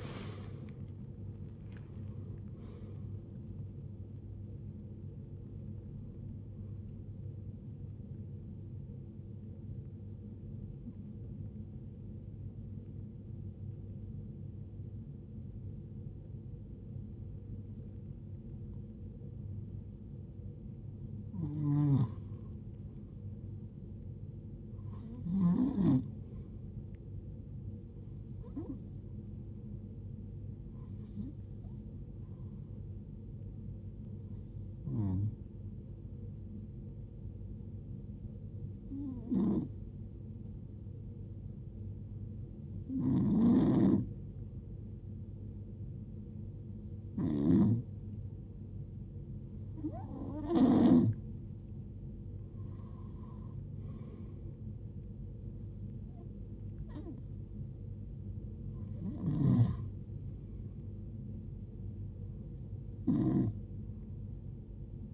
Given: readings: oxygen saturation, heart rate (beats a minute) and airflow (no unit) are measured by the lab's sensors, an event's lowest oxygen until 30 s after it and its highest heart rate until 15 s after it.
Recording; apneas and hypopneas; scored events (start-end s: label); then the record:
breathing in sleep by a smartphone at the bedside; 2
3.00-33.00 s: new sleep stage, N1 (lightest sleep)
11.00-29.40 s: hypopnea (N1, oxygen 89% highest, then 86% lowest, heart rate 83 at the start, 83 highest)
33.00-65.14 s: new sleep stage, N2 (light sleep)
41.00-59.00 s: hypopnea (N2, oxygen 90% highest, then 85% lowest, heart rate 64 at the start, 78 highest)
From the record:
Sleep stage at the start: N3 (deep sleep); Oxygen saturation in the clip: 75 to 92%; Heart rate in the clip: 53 to 95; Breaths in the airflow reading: 16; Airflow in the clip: -22.4 to 17.5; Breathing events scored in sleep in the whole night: 389 in 6.3 hours asleep